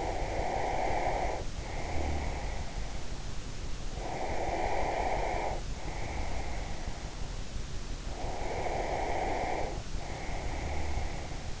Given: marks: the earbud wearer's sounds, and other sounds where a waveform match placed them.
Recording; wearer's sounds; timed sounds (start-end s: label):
sounds in sleep by an in-ear microphone; breath, snoring breath
0.00-3.14 s: breath
4.27-7.55 s: breath
8.39-11.60 s: snoring breath